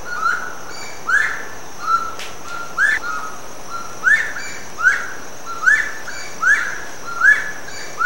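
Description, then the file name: Slaty-breasted wood rail calling with a series of short rising whistled notes, repeated roughly every three-quarters of a second, over a steady high hum. Recorded in Itatiaia National Park, Rio de Janeiro, Brazil. "Aramides saracura PNItatiaia RJ. ASilveira"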